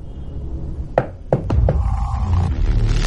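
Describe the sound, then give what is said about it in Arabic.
Four sharp knocks on a bathroom door, coming from inside the bathroom, in an uneven quick sequence, over a steady low rumbling background with no voices. “سمعت كده بالظبط على باب الحمام من جوه.”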